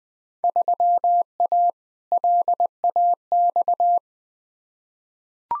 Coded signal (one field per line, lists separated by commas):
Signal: Morse code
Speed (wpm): 20 wpm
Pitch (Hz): 700 Hz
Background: none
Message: 3A LAX